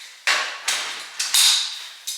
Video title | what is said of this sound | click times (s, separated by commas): Graco Modes Pramette 3 in 1 stroller(32 weeks pregnant) | And there's the click that we want to hear. | 0.3 s